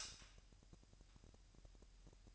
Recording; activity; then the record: daily activity, microphone in the room; light off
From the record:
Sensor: 2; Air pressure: 1001.7 hPa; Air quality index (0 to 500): 244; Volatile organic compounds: 33 ppm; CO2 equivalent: 3024 ppm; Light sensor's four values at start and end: 4/10/4/4 and 4/10/4/4